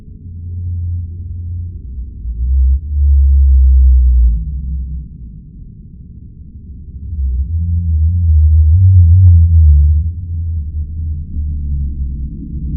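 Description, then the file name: Blue whale low moaning calls, a few long tonal units that waver and bend in pitch, separated by quieter stretches of deep rumble. Frequency-modulated (FM) calls of blue whales. "blue whale fm calls brian miller australian antarctic division"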